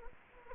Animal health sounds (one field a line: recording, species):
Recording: mosquito wingbeat signal from an infrared sensor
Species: Anopheles gambiae